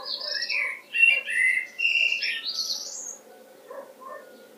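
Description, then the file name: Common blackbird song: rich fluted warbling phrase around mid pitch, ending in a squeaky twitter that rises high, then quiet with a few faint notes. "Turdus merula"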